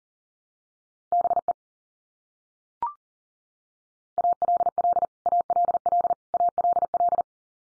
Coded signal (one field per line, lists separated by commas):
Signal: Morse code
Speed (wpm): 37 wpm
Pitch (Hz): 700 Hz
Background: none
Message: BE ALL ALL ALL